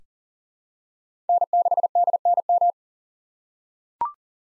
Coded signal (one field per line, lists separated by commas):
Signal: Morse code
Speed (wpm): 37 wpm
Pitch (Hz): 700 Hz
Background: none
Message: N6DNM